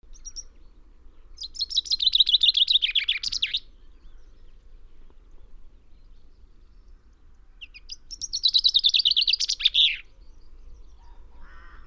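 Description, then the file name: Common chaffinch song: two bright, descending rattling phrases, each ending in a quick flourish, over a quiet background. "Fringilla coelebs"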